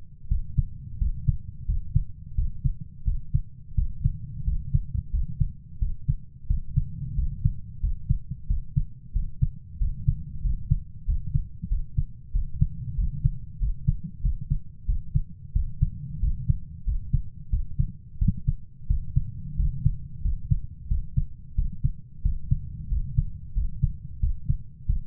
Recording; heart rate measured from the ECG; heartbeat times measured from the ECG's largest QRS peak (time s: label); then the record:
heart sounds by stethoscope; 90 bpm
0.31 s: heartbeat
1.01 s: heartbeat
1.68 s: heartbeat
2.38 s: heartbeat
3.07 s: heartbeat
3.78 s: heartbeat
4.47 s: heartbeat
5.13 s: heartbeat
5.81 s: heartbeat
6.50 s: heartbeat
7.18 s: heartbeat
7.83 s: heartbeat
8.49 s: heartbeat
9.15 s: heartbeat
9.81 s: heartbeat
10.44 s: heartbeat
11.08 s: heartbeat
11.71 s: heartbeat
12.35 s: heartbeat
12.98 s: heartbeat
13.61 s: heartbeat
14.24 s: heartbeat
14.88 s: heartbeat
15.55 s: heartbeat
16.22 s: heartbeat
16.87 s: heartbeat
17.52 s: heartbeat
18.21 s: heartbeat
18.90 s: heartbeat
19.59 s: heartbeat
20.24 s: heartbeat
20.90 s: heartbeat
21.58 s: heartbeat
22.25 s: heartbeat
22.91 s: heartbeat
23.56 s: heartbeat
24.22 s: heartbeat
24.89 s: heartbeat
From the record:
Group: healthy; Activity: rest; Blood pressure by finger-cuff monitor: 144/75 mmHg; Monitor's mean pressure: 93 mmHg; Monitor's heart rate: 90 bpm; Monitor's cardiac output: 7.9 L/min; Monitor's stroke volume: 89 mL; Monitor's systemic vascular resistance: 880 dyn s/cm5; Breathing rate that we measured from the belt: 19 breaths a minute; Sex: male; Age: 21 years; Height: 175 cm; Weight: 72.6 kg